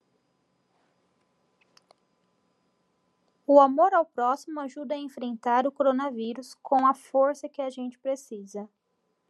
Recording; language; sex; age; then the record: spoken sentence; Brazilian Portuguese; female; 20 to 29 years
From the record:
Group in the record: control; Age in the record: 25 years